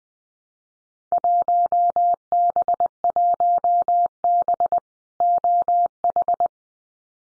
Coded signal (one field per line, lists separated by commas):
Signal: Morse code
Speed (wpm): 20 wpm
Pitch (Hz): 700 Hz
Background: none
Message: 1B1B OH